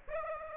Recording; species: mosquito wingbeat signal from an infrared sensor; Aedes aegypti